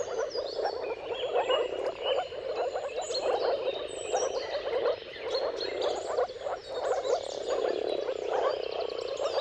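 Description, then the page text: Moor frog chorus of many overlapping muffled, bubbling calls in steady pulses, while birds whistle and chirp higher up. Mating calls of a moor frog chorus at sunrise, at the turn of March and April, depending on the weather. "Dawn’s Chorus: Mating Calls of Marsh Frogs at Sunrise. Depending on the weather at the turn of March and April, you can witness an amazing spectacle of moor frogs. Jakub Orzecki"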